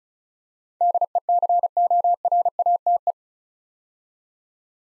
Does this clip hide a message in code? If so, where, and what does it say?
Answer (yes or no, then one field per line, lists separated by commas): yes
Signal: Morse code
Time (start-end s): 0.8-3.1 s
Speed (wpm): 36 wpm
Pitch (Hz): 700 Hz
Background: none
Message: DECORATE